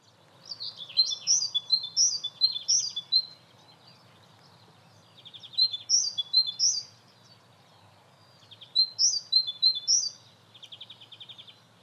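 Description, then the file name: Great tit calling in three bouts of high, sharp paired notes, each ending in a brief buzzy rattle, with quiet gaps between. "Parus major"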